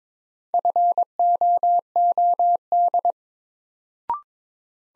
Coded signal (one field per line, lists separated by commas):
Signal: Morse code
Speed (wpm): 21 wpm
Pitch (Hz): 700 Hz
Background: none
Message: FOOD